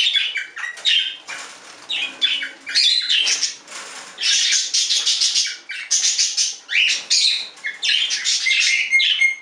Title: Budgie Sounds